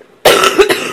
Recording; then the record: coughing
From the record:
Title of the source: 34 coughing up crap again